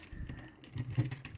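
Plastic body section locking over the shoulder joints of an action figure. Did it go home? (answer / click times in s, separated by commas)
no / none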